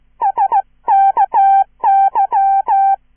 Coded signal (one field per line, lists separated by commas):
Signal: Morse code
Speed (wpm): 15 wpm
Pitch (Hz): 790 Hz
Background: none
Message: SKY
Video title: QGV - a horror shortstory in Morse code, part 2 "Listen & Copy"